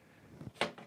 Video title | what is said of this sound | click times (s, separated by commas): What Gutter Guards should you get and do they really work? | first of all you would slide this in underneath the shingle and then you pull it down and it clicks right in there | 0.6 s